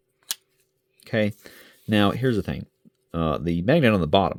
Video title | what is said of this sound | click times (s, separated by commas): Ferox Fabrication hobby box and handle review | relatively positive click on the top of the handle | 0.3 s